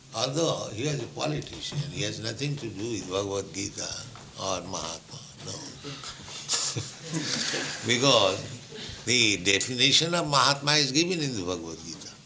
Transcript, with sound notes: Although he was a politician, he has nothing to do with Bhagavad-gītā or mahātmā. No. [laughter] Because the definition of mahātmā is given in the Bhagavad-gītā.